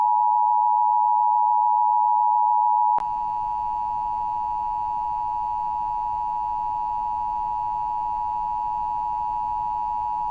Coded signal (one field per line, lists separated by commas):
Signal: Emergency Alert System (SAME) tones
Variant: 853 and 960 Hz attention tone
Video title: EAS Scenario: Godzilla - Titans of Earth (TRIPLEVERSE 2 PART 1)